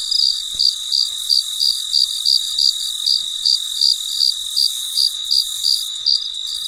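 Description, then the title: Cricket giving bright, high chirps repeated roughly three times a second, each pulse distinct against a soft continuous hum. Recorded late at night; very quiet surroundings. "深夜录制蟋蟀昆虫声"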